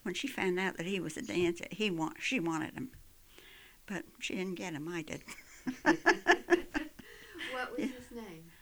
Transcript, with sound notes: When she found out that he was a dancer, she wanted him, but she didn't get him, I did. ( they laugh )
What was his name?